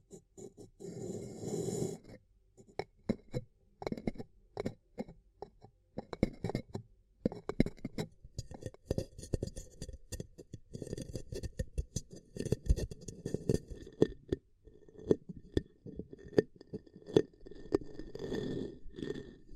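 Ear cupping triggers: hands cup and rub the ears with a soft, muffled low rustle that swells and fades in patches. Sharp little taps, clicks and crackles come thick and irregular throughout, with quieter gaps around 2.5 and 14 seconds.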